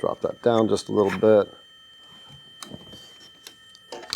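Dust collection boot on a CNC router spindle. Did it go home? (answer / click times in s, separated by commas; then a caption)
yes / 4.1 s. A dust collection boot is slipped onto the spindle housing of a CNC router and lowered until its brush section snaps into place. Someone talks at the start, then soft handling sounds and light taps follow. A sharp snap at 4.1 s marks the boot seating on the spindle housing.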